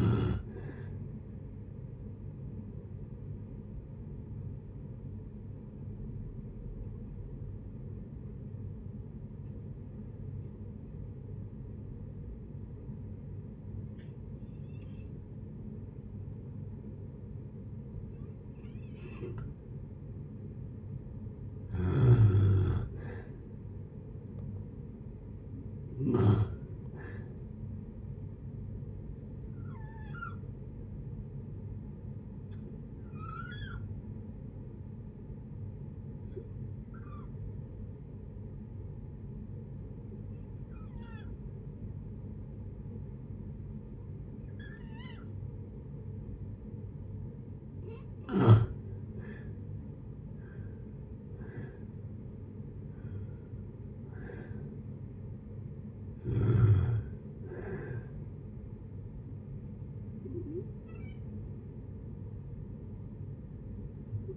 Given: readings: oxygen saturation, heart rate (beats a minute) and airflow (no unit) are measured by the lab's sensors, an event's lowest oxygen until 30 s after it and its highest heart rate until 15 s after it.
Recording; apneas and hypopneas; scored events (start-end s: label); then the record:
breathing in sleep by a smartphone at the bedside; 2
3.00-21.50 s: hypopnea (N1, oxygen 95% highest, then 85% lowest, heart rate 70 at the start, 70 highest)
30.00-48.90 s: hypopnea (N1, oxygen 94% highest, then 84% lowest, heart rate 62 at the start, 71 highest)
From the record:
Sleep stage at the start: N1 (lightest sleep); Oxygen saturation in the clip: 84 to 95%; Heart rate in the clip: 58 to 71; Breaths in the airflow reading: 13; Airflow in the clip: -6.0 to 6.5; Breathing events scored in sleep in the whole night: 496 in 5.4 hours asleep